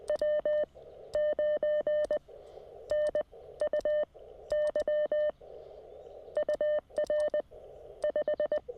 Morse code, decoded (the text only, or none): W9NUY UR 5